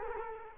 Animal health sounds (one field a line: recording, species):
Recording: mosquito wingbeat signal from an infrared sensor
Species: Culex quinquefasciatus